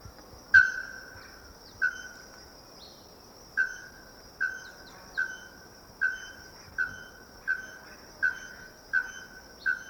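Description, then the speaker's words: Bare-throated Bellbird repeating loud, clanging bell-like notes many times, each with a ringing tail, against a constant high buzzing drone. Called pájaro campana locally; culturally important to Paraguayans and southern Brazilians. "But yeah, no, the bellbird would definitely have to be the natural sound for this episode."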